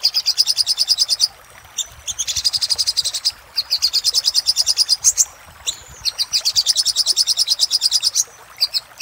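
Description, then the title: Little spiderhunter song: fast, even series of high, sharp notes repeated in long bursts, separated by brief gaps. Masteran (tutor) recording of sogok ontong song, used to train cage birds; labelled Labaik. "Masteran Burung Sogok Ontong Labaik"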